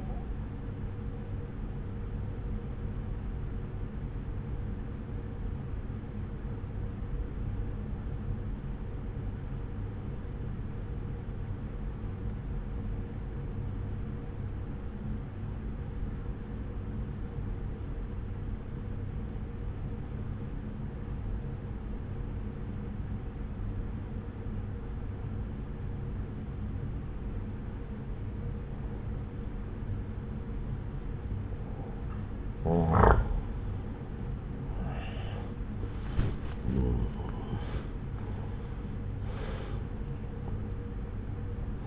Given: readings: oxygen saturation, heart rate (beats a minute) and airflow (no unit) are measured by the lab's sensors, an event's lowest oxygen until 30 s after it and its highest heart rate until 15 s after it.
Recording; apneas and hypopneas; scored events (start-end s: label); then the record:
breathing in sleep by a smartphone at the bedside; 1
8.00-33.80 s: obstructive apnea (N1, oxygen 95% highest, then 85% lowest, heart rate 61 at the start, 75 highest)
23.00-41.87 s: new sleep stage, awake
29.00-41.87 s: awake
From the record:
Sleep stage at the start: N1 (lightest sleep); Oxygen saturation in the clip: 89 to 95%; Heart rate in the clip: 59 to 73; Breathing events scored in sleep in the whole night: 303 in 8.1 hours asleep